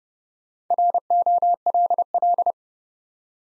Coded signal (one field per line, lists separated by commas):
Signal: Morse code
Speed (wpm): 30 wpm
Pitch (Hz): 700 Hz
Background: none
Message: ROLL